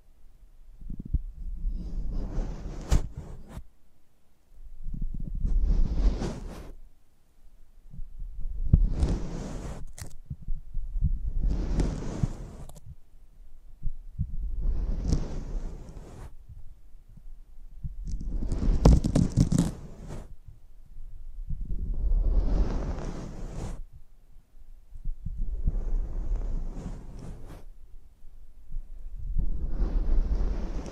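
A close-up microphone picks up a series of rushing, breath-like bursts, about one every three to four seconds, each swelling into a bright hiss before cutting off. Beneath them runs a steady low thumping rumble, with brief gaps of quiet between bursts.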